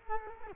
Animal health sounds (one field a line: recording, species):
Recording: mosquito wingbeat signal from an infrared sensor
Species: Culex quinquefasciatus